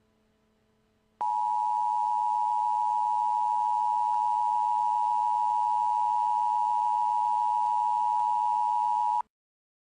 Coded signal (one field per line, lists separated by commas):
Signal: Emergency Alert System (SAME) tones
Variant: 853 and 960 Hz attention tone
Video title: EAS Scenario #3 Halloween (REUPLOAD + CONTAINS JUMPSCARES)